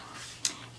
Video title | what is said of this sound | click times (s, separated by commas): Louis Vuitton Desk Agenda | and it locks into place | 0.5 s